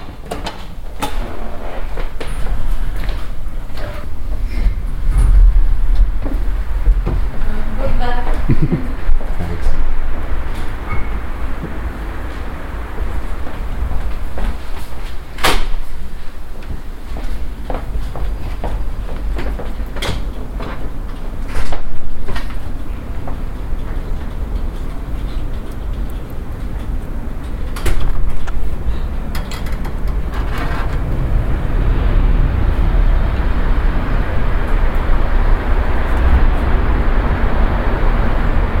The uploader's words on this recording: Museo Reina Sofía, Madrid. This piece was the result of an individual "sound drift" through different spaces of Madrid's Reina Sofía Museum.